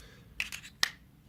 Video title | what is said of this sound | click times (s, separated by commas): Visual Vapor Reviews Throw Down Thursday | up my squonk bottle there we go hear that press click | 0.4 s, 0.8 s